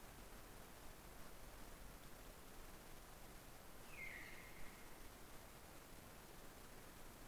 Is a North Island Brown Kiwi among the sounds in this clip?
no